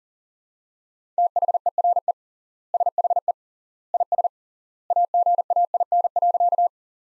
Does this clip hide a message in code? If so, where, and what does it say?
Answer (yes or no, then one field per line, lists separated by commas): yes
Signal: Morse code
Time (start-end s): 1.2-6.7 s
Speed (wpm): 37 wpm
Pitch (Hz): 700 Hz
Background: none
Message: THERE SHE IS AGAIN.